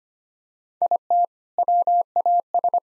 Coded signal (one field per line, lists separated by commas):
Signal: Morse code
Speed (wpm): 25 wpm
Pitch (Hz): 700 Hz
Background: none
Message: IT WAS